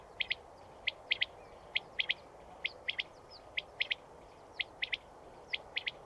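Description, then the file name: Common quail calling: sharp three-note phrases, a single note then a quick pair, repeated about once a second over a steady background hiss. "furj hangja"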